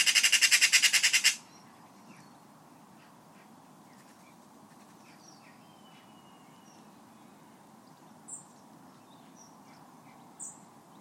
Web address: Deverinetal 2025 Bird Only More Classes Pi Pi Pi Pi